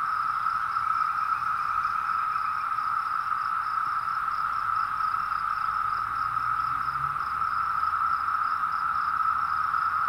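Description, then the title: Massed cicada chorus, a continuous even buzzing drone that never pauses or changes pitch, with a fainter higher pulsing layer over it. Recorded on a phone outdoors one morning, amid a mass emergence with cicadas completely surrounding the recorder; sound likened to flying saucers in old science-fiction films. "The Cicada Invasion"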